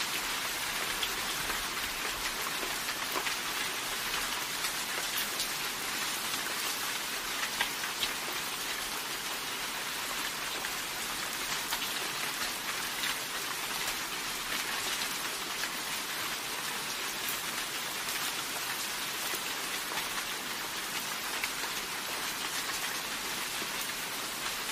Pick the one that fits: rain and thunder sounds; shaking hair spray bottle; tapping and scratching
rain and thunder sounds